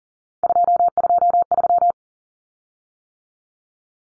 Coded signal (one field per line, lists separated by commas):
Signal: Morse code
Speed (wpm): 38 wpm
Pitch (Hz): 700 Hz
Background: none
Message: 223